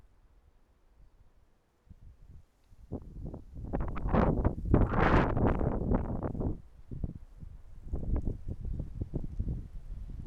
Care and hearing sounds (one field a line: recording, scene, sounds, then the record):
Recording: everyday scene through a hearing-aid microphone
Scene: wind on the microphone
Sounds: wind, traffic, birds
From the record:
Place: suburban garden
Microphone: behind the ear, right, front